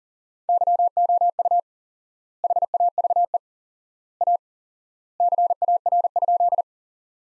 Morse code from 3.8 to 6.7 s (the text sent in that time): A CAR?